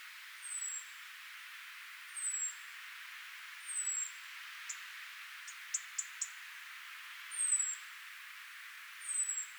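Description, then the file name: European robin with repeated thin high whistled calls every couple of seconds, broken midway by a brief burst of short, sharp tick notes. "Erithacus rubecula"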